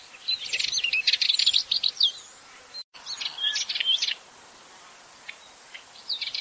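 Bird twittering in quick high-pitched bursts of chirpy notes, one long burst, a shorter one after a brief gap, then a final flurry near the end.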